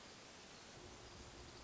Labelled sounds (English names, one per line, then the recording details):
Hermit Thrush
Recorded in Sonoma County, California